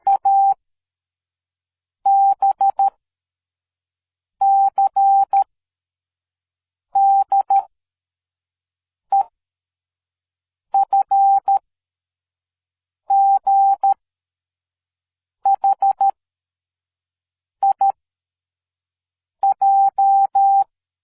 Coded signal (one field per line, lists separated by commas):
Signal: Morse code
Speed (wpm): 13 wpm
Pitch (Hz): 790 Hz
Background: none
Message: A B C D E F G H I J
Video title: See and hear Morse Code